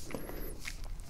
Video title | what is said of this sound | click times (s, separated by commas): Dell XPS 13 (9360) SSD Replacement | kind of just massage my way around until all the clips get clipped in you can hear him snapping and | 0.2 s, 0.7 s, 0.8 s, 1.0 s